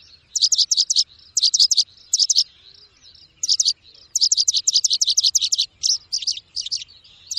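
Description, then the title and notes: Bird sings sharp, high-pitched chirps in bunched bursts, pausing briefly between groups, then a longer run of rapid notes. Bird ringtone, described as having a melodious voice. "Burung Dengan Suara Merdu"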